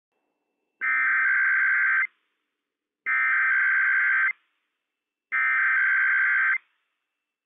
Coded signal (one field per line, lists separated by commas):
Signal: Emergency Alert System (SAME) tones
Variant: header bursts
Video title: Required Weekly Test - WWF56 - EAS #30 - 11:00 AM PST 12/28/20